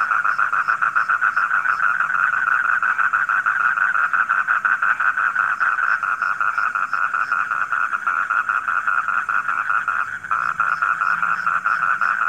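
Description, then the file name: Frogs in a constant buzzing chorus of fast pulsed croaks, briefly dipping near the end before resuming, with faint high chirps scattered above. Frogs recorded at night. "suara kodok di malam hari"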